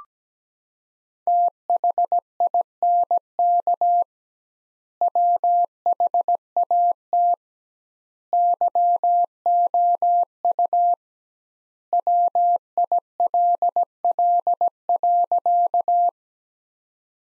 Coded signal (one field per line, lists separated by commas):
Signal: Morse code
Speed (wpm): 17 wpm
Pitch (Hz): 700 Hz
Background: none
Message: THINK WHAT YOU WILL.